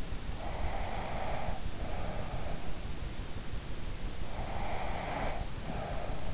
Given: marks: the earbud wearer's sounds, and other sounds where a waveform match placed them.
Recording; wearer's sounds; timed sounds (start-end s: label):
sounds in sleep by an in-ear microphone; breath
0.29-2.60 s: breath
4.33-6.33 s: breath